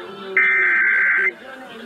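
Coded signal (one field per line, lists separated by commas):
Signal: Emergency Alert System (SAME) tones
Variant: header bursts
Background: speech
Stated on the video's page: Real Required Monthly Tests received in Los Angeles.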